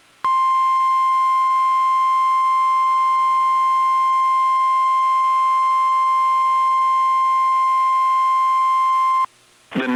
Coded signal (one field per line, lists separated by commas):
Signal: Emergency Alert System (SAME) tones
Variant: 1050 Hz attention tone